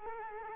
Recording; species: mosquito wingbeat signal from an infrared sensor; Culex quinquefasciatus